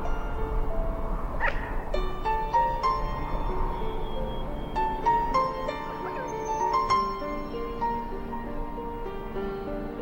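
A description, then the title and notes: Gentle music of sustained, layered notes plays steadily throughout, with soft chords shifting every second or two and clear bell-like tones struck around the two, five and seven second marks. A brief animal-like call rises near the start over a low, constant rumble underneath. Sound Of The Wolves - Music and Nature Sounds.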